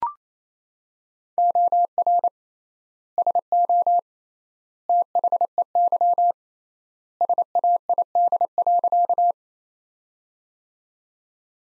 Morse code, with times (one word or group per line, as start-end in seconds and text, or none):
1.4-2.3 OR
3.2-4.0 SO
4.9-6.3 THEY
7.2-9.3 SAID.